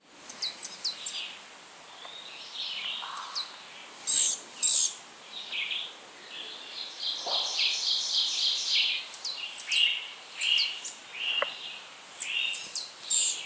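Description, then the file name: Blue-grey gnatcatcher giving thin, high, wheezy calls mixed with rapid scratchy chattering phrases, fairly continuous. "Polioptila caerulea - Blue-grey Gnatcatcher"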